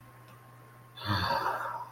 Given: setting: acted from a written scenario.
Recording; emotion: vocal sound without words; serenity